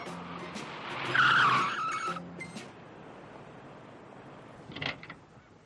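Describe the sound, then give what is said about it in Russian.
A small Zaporozhets car rolls up and brakes hard as a traffic police inspector raises his baton to stop it, its tires squealing in a loud, high-pitched screech for about a second before the engine noise fades, with a brief mechanical clatter afterward. “Поднимает жезл и останавливает машину со спешащим Валико.”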